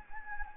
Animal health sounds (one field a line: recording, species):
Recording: mosquito wingbeat signal from an infrared sensor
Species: Anopheles gambiae